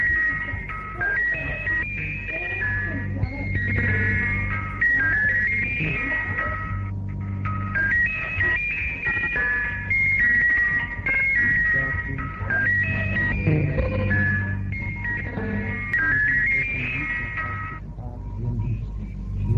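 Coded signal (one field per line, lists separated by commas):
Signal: numbers station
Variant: Swedish Rhapsody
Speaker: it's a sample of a number station known as the swedish rhapsody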